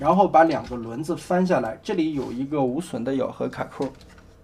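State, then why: Not seated. Someone talks while handling a toy with two flipped-down wheels, lining up a non-damaging interlocking plastic clip on the toy's wheel and waist section. Only speech and faint handling noise are heard. The clip has not been plugged in, and nothing has seated or clicked yet.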